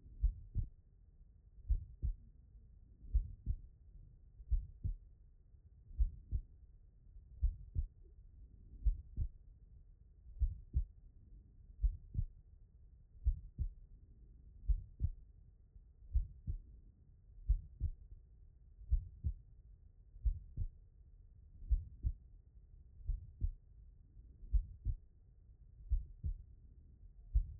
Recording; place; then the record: heart sounds by stethoscope; pulmonary valve (PV)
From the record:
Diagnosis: non-HFrEF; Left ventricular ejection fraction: 72%